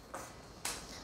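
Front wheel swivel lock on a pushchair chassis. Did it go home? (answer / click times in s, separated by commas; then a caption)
yes / 0.7 s. The front-wheel swivel lock on a pushchair chassis, a slider rather than a button, is slid across and pushed until it locks. A softer bright noise comes at about 0.1 s, then a sharper, louder click at 0.7 s. The lock seats into place with that click.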